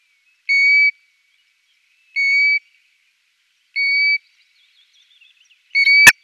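European golden plover calling: plaintive, level whistles repeated about every one and a half seconds, four in all; a sharp click sounds with the last note.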